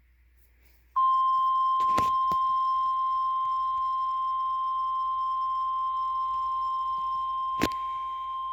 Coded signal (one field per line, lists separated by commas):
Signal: Emergency Alert System (SAME) tones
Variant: 1050 Hz attention tone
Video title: Severe Thunderstorm Warning EAS#9 NOAA Weather Radio Charleston WV